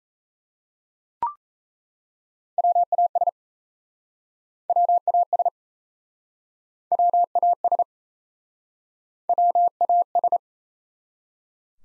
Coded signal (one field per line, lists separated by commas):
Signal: Morse code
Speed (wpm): 39 wpm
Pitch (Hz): 700 Hz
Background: none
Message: WAS WAS WAS WAS